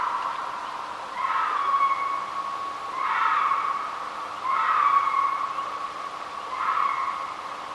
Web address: red fox